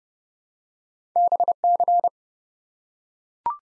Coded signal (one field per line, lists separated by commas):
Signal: Morse code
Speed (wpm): 30 wpm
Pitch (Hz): 700 Hz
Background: none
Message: BC